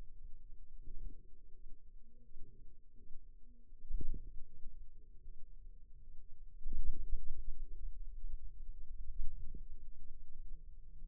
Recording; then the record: forearm muscle sounds (acoustic myography)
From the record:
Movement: ulnar deviation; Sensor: system 2, bracelet of six BSWA MPA416 microphones around the upper forearm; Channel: 1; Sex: female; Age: 23 years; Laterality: right